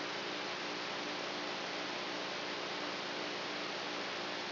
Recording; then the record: brain microelectrode recording played as sound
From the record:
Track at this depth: outside the subthalamic nucleus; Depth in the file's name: 0.514 mm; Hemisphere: right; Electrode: 3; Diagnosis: Parkinson's disease